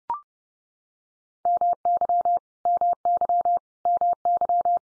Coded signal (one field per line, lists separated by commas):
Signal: Morse code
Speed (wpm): 30 wpm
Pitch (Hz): 700 Hz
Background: none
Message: MY MY MY